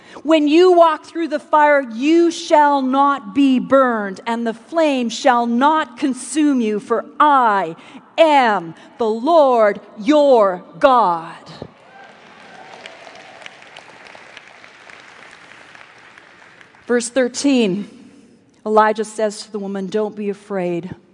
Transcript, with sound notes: When you walk through the fire, you shall not be burned—and the flame shall not consume you—for I AM the LORD your God!” (applause) In verse 13, Elijah says to the woman, “Don’t be afraid.”